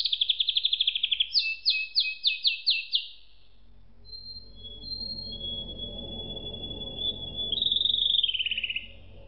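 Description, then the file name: Canary song with fast repeated trilled syllables, a long thin whistle, then a descending rapid trill, over low background noise. "suara kenari makige"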